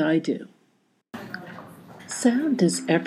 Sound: sound of footsteps, people talking and the subway